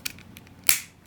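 A plastic key fob housing for a 2006-2011 Honda Civic (8th gen) is pushed up and in onto the key blade assembly. A few small clicks come at 0.1 s and 0.4 s, then a loud, sharp snap at 0.7 s as the housing seats into place. No one talks.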